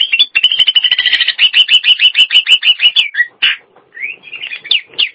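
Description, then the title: Nias hill myna song: rapid rattling run of clear whistled notes, ending in a slurred note, then a few loud rising and falling whistles. "Jalak Nias"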